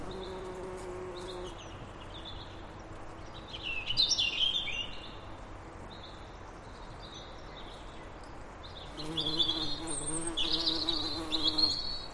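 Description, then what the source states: Bee buzzing, a low hum heard at the start and again near the end, with bird song and twittering at high pitch. Bees humming in a flower meadow.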